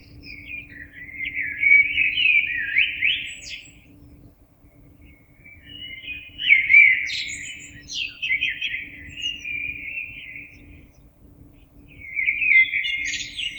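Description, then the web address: Common blackbird with three flowing song phrases, some with high screechy notes, and a faint constant low hum throughout. Recorded 26 April 2022. "oiseaux Merle 2022 04 26"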